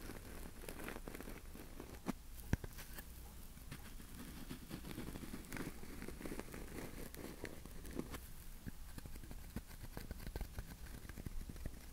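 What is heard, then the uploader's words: Tapping and scratching continue for the whole stretch as a dense, uneven patter of small clicks and scrapes over a low rumble. The level stays steady, with a few sharper taps standing out, the loudest just after two seconds and others near eight and ten seconds. Tapping & Scratching.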